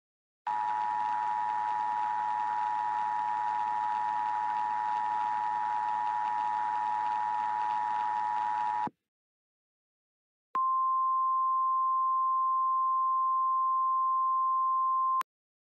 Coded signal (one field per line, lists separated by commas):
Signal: Emergency Alert System (SAME) tones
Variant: 853 and 960 Hz attention tone